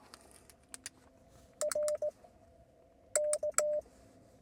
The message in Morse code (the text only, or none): RK